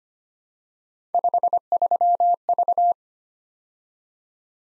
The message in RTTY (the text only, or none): none